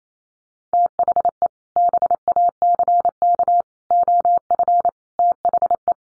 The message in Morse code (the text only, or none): THE BACK OF THE